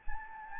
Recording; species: mosquito wingbeat signal from an infrared sensor; Anopheles gambiae